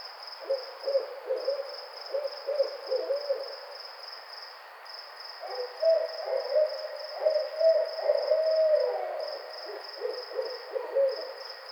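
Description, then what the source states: Barred owl hooting, short clustered hoots followed by a longer, drawn-out wavering note, then more clipped hoots, under a pulsing insect chorus. Recorded on 28 May 2009.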